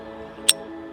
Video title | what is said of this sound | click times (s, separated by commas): Disassembly and Reassembly of Semiautomatic Handguns followed by Basic Functions check | now listen for this click | 0.5 s